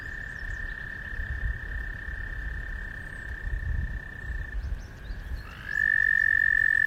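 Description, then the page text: American toad giving a long, steady, high musical trill that stops after about four and a half seconds, then a second trill starts, over a low rumbling background. Recorded in Maryland. "American Toad by Bernard Foy via iNaturalist"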